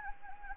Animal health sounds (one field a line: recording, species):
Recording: mosquito wingbeat signal from an infrared sensor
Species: Anopheles gambiae